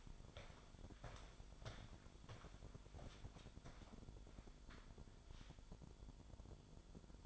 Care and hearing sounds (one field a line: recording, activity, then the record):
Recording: daily activity, microphone in the room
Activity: walk to room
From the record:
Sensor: 5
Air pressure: 1008.3 hPa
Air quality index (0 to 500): 122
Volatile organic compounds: 1 ppm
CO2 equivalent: 938 ppm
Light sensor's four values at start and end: 32/73/30/30 and 34/79/31/31